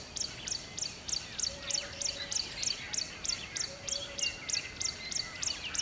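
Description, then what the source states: Bird giving a steady series of high, thin chirps, roughly three each second, with faint sweeping calls of other creatures behind and a constant low ambient hiss. A single bird recorded by a river at dawn in rainforest.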